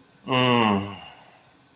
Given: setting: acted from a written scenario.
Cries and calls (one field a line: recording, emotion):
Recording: vocal sound without words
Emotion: ecstasy